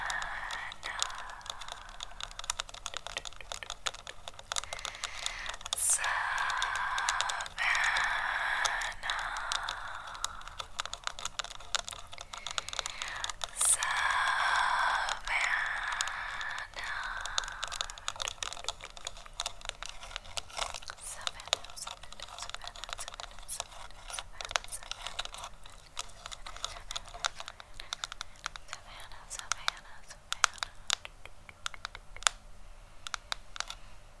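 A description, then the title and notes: Quick, irregular tapping on a camera, a dense run of sharp clicks that continues for the whole clip. For roughly the first seventeen seconds a rough, hissy rustle swells underneath, loudest around six to nine and thirteen to sixteen seconds. After that the taps thin out. ASMR Camera Tapping + Trigger Words.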